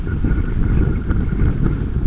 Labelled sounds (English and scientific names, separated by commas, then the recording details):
none
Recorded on Arctic tundra, site UTQI-5, on 28 June 2018
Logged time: 00:00